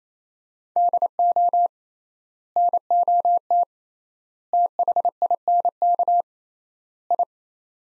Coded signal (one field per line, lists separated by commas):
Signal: Morse code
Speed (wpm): 28 wpm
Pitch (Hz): 700 Hz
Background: none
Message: DO NOT THINK I